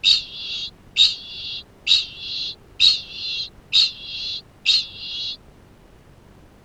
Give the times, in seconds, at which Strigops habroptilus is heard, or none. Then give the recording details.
0.00-5.62. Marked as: faintness 2/5. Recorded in New Zealand. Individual Arab